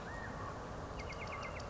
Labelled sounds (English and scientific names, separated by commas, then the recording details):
California Quail (Callipepla californica)
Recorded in Sonoma County, California